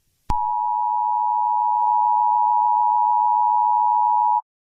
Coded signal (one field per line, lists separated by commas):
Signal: Emergency Alert System (SAME) tones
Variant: 853 and 960 Hz attention tone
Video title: Today look eas broadcast me making a analog horror